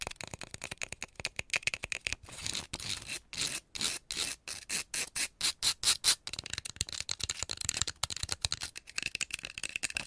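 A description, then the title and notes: Long nails scratch and tap quickly and aggressively, making a dense run of sharp, crisp clicks and scrapes. The strokes come in rapid bursts, growing louder and more evenly spaced in the middle, then settle into softer, busier scratching toward the end. ASMR Fast and Aggressive Scratching and Tapping with Long Nails - Asmr Pink Triggers - No Talking.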